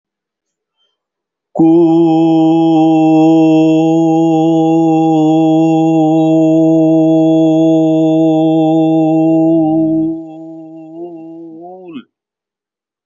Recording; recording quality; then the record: sustained vowel as in boot; excellent, no background noise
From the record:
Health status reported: healthy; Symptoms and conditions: none ticked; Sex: male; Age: 50 years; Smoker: not ticked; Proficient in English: yes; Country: India